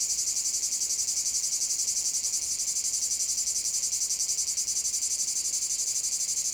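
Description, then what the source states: Cicadas buzzing in a steady high-pitched drone with fast, even pulsations, no other sounds standing out. Cicadas in a field at Domaine de la Sablière, Saint-Privat-de-Champclos, France; recorded with a Zoom H6 and M/S microphone.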